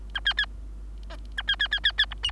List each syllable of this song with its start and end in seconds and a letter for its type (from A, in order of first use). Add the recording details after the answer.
0.14-0.20 A, 0.25-0.34 B, 0.37-0.46 B, 1.10-1.16 C, 1.37-1.42 A, 1.47-1.56 B, 1.59-1.68 B, 1.71-1.80 B, 1.83-1.92 B, 1.98-2.06 B, 2.11-2.14 D, 2.23-2.31 E. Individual Bird3